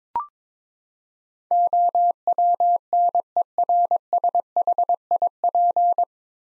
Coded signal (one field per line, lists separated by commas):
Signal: Morse code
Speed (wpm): 22 wpm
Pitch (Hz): 700 Hz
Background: none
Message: OWNERSHIP